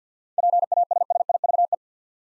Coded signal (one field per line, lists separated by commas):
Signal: Morse code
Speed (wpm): 50 wpm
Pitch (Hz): 700 Hz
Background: none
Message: PASSIVE